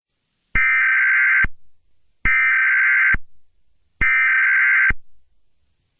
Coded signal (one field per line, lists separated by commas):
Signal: Emergency Alert System (SAME) tones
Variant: header bursts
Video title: (EAS Scenario #4) The Universe turns upside down - Remastered